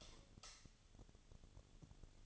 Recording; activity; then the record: daily activity, microphone in the room; light off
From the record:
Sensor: 4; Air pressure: 1010.7 hPa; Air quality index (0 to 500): 170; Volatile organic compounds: 5 ppm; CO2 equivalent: 1731 ppm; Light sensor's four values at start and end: 39/112/44/45 and 38/110/44/45